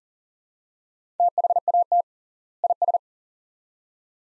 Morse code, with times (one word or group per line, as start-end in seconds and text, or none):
1.2-2.0 THAT
2.6-3.0 IS